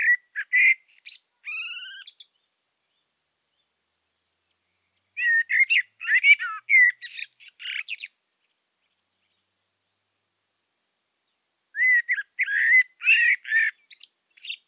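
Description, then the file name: Common blackbird song: three separate phrases of mellow, fluty warbled notes mixed with high, squeaky twittering, with long silent pauses between them. "Turdus merula"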